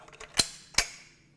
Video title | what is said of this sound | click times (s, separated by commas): The riot gun with the most 80s promo video ever? With firearms & weaponry expert Jonathan Ferguson | click and one more | 0.8 s